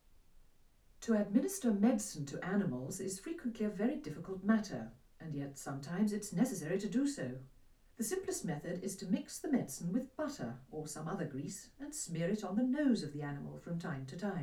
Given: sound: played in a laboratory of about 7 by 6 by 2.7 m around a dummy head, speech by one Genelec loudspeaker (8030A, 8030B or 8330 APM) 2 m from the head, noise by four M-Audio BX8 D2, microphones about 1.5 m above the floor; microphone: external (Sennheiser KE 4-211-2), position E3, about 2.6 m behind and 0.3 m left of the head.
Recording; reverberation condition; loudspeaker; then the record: female speech in English; low; 30 degrees to the left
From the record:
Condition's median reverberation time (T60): about 310 ms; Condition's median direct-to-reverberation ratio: about 3.5 dB